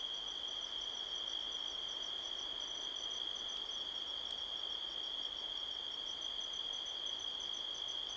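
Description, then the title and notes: Crickets chirping: a sustained high drone plus rapid beaded pulses running throughout, with a couple of faint clicks and soft wind. Crickets chirping all around at midnight, 5 October 2023, in a canyon at Sedona, Arizona, USA, with strong wind rustling trees. "Midnight Soundscape, Sedona, Arizona, USA on 5th October 2023 – by Joe Harvey-Whyte. A strong wind blows across the canyon, rustling trees. The sound of crickets can be heard all around"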